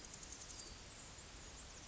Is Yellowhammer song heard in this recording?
no